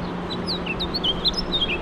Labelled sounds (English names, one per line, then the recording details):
House Finch song
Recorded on Long Island, New York, on 21 March 2012
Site FL
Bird A